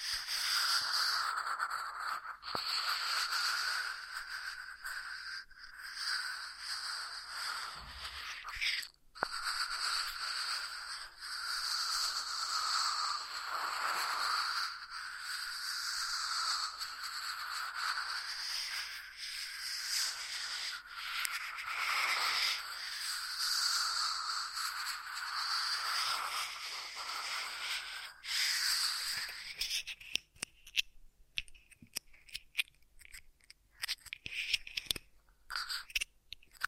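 Ear massage triggers: a continuous soft rubbing and crinkling hiss with bright, crisp texture, swelling and easing in slow waves for about thirty seconds. Near the end the steady rubbing gives way to sparser, choppy scratches and taps.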